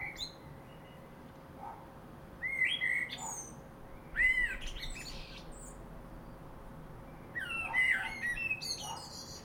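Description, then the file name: Common blackbird delivering three well-spaced phrases, slurred fluted whistles with high chirpy endings, plus a few soft lower notes in between. "Turdus merula"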